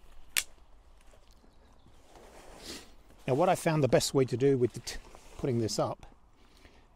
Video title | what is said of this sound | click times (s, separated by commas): Helinox COT MAX - JCOT 210 - L322 Range Rover Camping - ASMR - WILD CAMPING 🏕️ | and you'll hear it click | 0.4 s